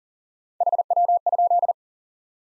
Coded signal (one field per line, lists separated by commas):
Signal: Morse code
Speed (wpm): 40 wpm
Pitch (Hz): 700 Hz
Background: none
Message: HW?